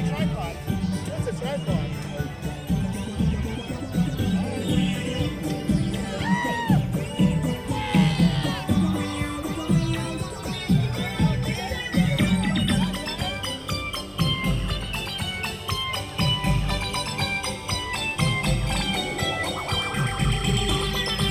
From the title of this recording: The Main Street Electrical Parade (Disneyland) Binaural Recording